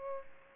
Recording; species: mosquito wingbeat signal from an infrared sensor; Aedes aegypti